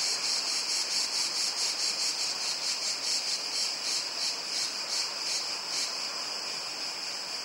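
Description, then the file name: Cicada call: a loud, continuous high buzzing that pulses in regular waves throughout. "cigarra"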